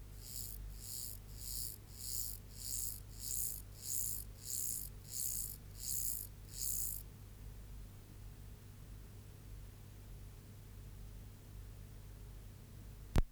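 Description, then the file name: Mottled grasshopper singing a run of about ten evenly spaced, hissy buzzes that swell slightly, then silence and a click near the end. "Myrmeleotettix maculatus"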